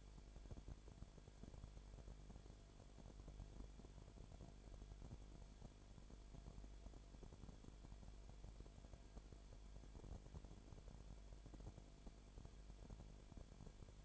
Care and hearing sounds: daily activity, microphone in the room; no activity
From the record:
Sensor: 5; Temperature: 19.9 degrees Celsius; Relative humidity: 35.6%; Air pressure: 1003.4 hPa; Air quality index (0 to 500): 56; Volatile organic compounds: 1 ppm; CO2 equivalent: 634 ppm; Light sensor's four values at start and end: 2/3/1/1 and 2/3/1/1

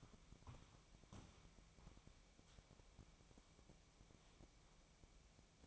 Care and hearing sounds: daily activity, microphone in the room; walk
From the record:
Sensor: 1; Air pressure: 1012.2 hPa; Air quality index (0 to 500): 178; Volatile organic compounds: 3 ppm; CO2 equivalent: 1464 ppm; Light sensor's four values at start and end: 47/127/52/64 and 48/130/53/65

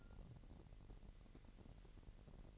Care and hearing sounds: daily activity, microphone in the room; take from stove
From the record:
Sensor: 4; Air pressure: 1012.8 hPa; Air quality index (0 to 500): 237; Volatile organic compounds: 4 ppm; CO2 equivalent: 1580 ppm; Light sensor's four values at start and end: 30/71/29/29 and 30/71/29/29

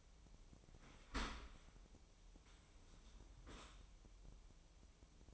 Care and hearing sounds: daily activity, microphone in the room; open dishwasher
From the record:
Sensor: 1

